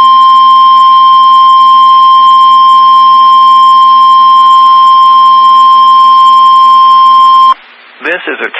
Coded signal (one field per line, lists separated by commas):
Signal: Emergency Alert System (SAME) tones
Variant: 1050 Hz attention tone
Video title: NOAA Weather Radio - Required Weekly Test KIH43 New Albany, IN